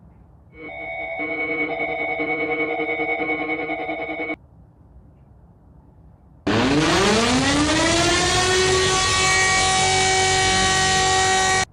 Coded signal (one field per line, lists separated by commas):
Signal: dial-up modem handshake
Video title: Rating eas alarms part 1 (super bad)